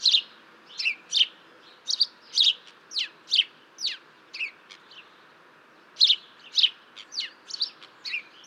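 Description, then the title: House sparrow chirping: sharp, downward-sweeping 'tchip' notes in uneven bursts, sometimes doubled, with a longer pause near the middle and a steady background hiss beneath. Territorial 'tchip, tchiup' calls rather than a true song; species lives close to houses in town and countryside, often in noisy flocks feeding on crumbs and feeder seeds. "Moineau domestique"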